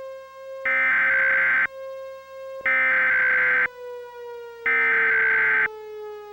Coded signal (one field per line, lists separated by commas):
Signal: Emergency Alert System (SAME) tones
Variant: header bursts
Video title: EAS Mock #39: A Triple Dose of Disaster.